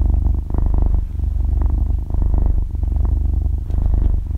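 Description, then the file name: Cat purr, a low throbbing rumble in regular breath cycles, loud and unbroken for the whole stretch. Cat breathing with a purring sound, described in Vietnamese as 'thở kêu rù rù'. "tieng meo tho keu ru ru"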